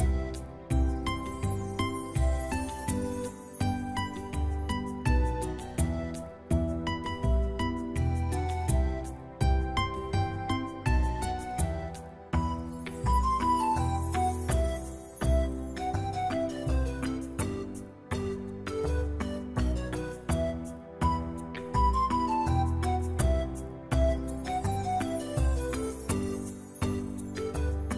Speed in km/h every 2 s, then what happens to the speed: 93, 96, 99, 103, 105, 107, 108, 110, 112, 113, 114, 115, 117, 118.
0-28 speeds up to 118.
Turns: none.